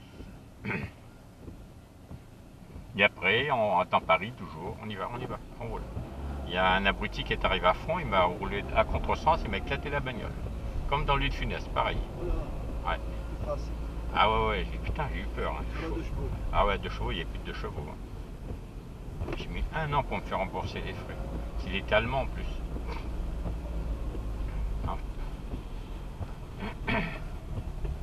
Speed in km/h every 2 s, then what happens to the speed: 0, 0, 3, 16, 20, 26, 29, 28, 24, 28, 30, 27, 21, 18.
0-3 standing. 3-11 pulls away to 29. 11-21 steady at about 28. 21-25 slows to 18.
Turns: 23-28.